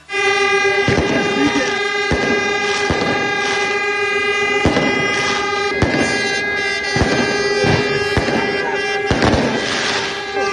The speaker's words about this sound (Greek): Στη Λαμία λέμε, στη Λαμία. Στη Λαμία γίνεται τη τρελή. Ναι. Πυροτεχνήματα, κόρνες και εκεί, και λέει ο Στέφανος Κασελάκης, φανταστείτε τι έχει να γίνει σε μερικά χρόνια